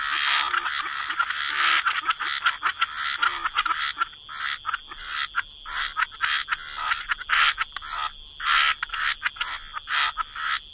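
Frog chorus of dense overlapping croaks and trills, loud and continuous at first, then breaking into separate bursts with short gaps, plus a steady high tone.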